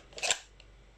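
An airsoft pistol is drawn from a locking holster with an ALS system after its release button is pressed down. A short rising scrape builds from about 0.1 s into a sharp click at 0.3 s, then fades, with a faint tick near 0.6 s. The holster lock releases and the pistol comes out.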